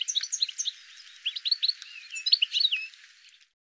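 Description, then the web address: Bird calls: a short run of clear, high whistled chirps and slurred notes, fading out just before the end. "cianscape birddata Deverinetal 2025 File cleaned normalized Bird"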